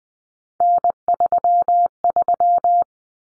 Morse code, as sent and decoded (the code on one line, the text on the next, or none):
-. ...-- ...--
N33